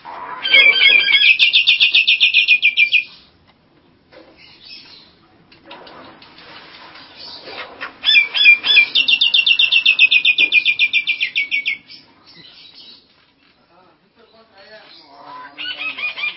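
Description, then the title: Nias hill myna song in repeated bouts: fast rattling trills of bright notes lasting a few seconds, separated by quieter passages with soft squeaks. "Jalak Nias"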